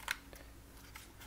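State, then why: Seated. A replacement side panel with a pinky rest is pressed onto the body of a Corsair Dark Core RGB Pro gaming mouse and snaps into place with a sharp, bright click at 0.1 s. Two fainter ticks follow at about 0.3 s and 1.0 s over a quiet background hum. The panel is seated.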